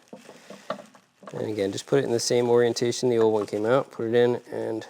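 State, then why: Not seated. A new Morimoto LED headlight bulb is handled and fitted into the headlight housing socket of a 2014-2018 Silverado, lined up in the same orientation the old bulb came out. A few faint handling ticks come early, the sharpest near 0.7 s, then someone talks through the rest of the clip. The bulb has not been twisted in yet, and nothing has seated or clicked.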